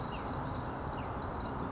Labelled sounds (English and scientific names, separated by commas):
Orange-crowned Warbler (Leiothlypis celata)